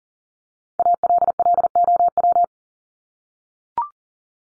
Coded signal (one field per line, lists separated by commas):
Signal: Morse code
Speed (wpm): 40 wpm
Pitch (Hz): 700 Hz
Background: none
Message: ALLOW